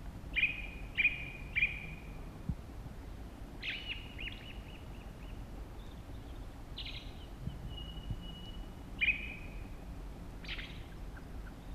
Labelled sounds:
Ring Ouzel song

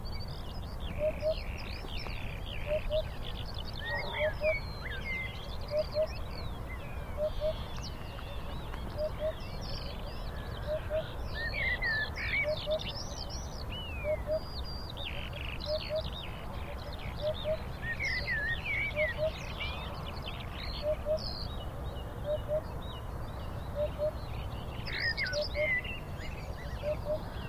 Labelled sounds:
Eurasian Hoopoe

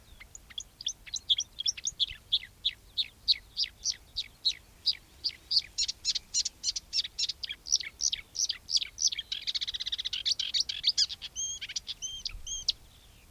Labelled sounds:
Marsh Warbler song

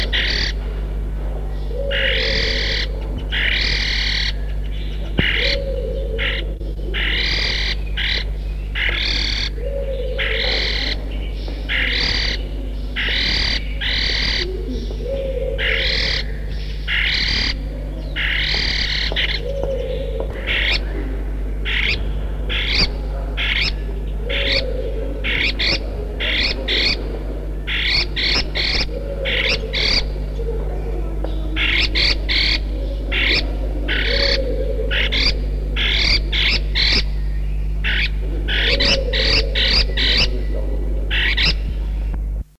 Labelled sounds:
Rufous-chinned Laughingthrush call

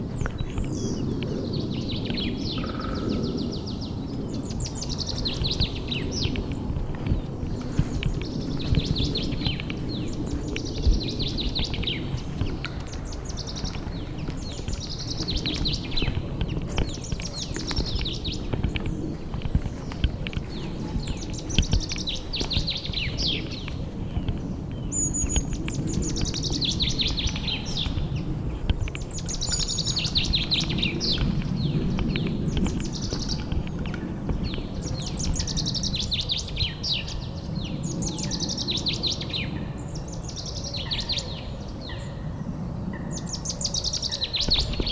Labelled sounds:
Common Chaffinch

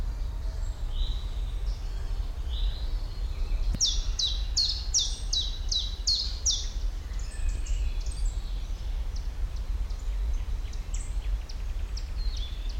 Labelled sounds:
Common Chiffchaff

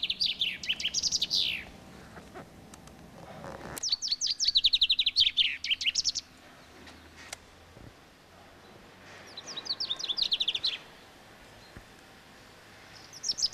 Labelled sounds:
Common Chaffinch song

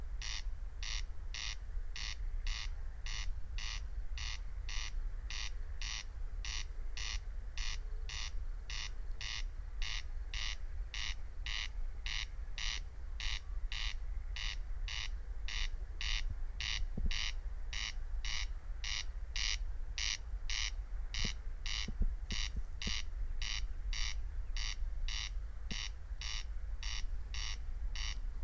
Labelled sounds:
Corn Crake song

